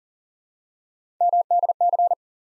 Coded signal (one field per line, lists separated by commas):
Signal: Morse code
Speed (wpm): 38 wpm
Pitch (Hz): 700 Hz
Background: none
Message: MDC